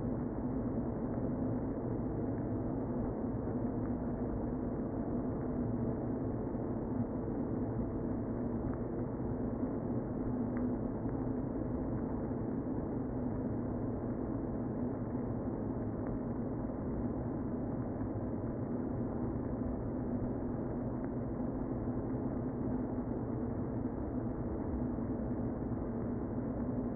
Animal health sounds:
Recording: honeybee colony, microphone inside the hive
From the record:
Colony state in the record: queen present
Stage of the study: before two queens were removed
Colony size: about 60,000 bees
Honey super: yes

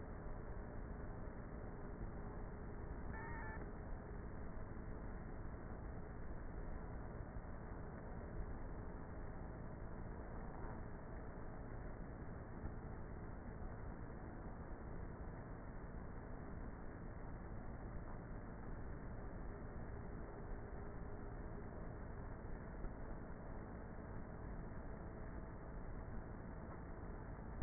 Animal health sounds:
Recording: honeybee colony, microphone inside the hive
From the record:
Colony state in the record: queenless with a low population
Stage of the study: before two queens were removed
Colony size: about 30,000 bees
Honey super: no

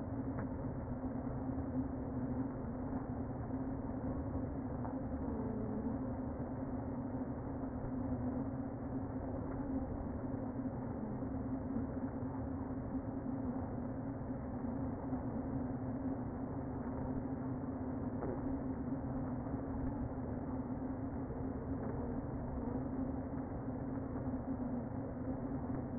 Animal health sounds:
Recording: honeybee colony, microphone inside the hive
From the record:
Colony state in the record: queen present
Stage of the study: before two queens were removed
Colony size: about 60,000 bees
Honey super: yes

